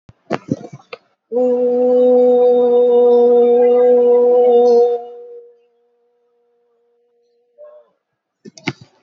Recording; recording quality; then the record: sustained vowel as in boot; excellent, no background noise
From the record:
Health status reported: recovered from COVID-19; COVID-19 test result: positive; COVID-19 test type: RT-PCR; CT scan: taken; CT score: 12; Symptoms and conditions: cough, fever, fatigue, another condition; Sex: female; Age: 65 years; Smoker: no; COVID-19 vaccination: both doses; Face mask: not worn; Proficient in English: yes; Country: India